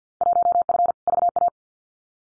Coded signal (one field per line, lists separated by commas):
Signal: Morse code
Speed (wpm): 50 wpm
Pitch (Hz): 700 Hz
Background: none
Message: 1F VA